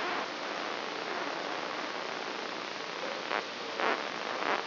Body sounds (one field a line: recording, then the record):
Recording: brain microelectrode recording played as sound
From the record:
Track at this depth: outside the subthalamic nucleus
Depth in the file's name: 9.304 mm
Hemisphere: left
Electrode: 3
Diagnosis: Parkinson's disease